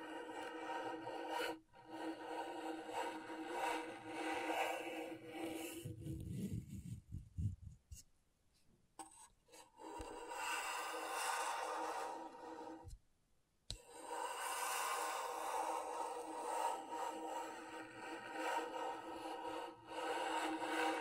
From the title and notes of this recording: ASMR Brain Tingling Scratchboard (No Talking).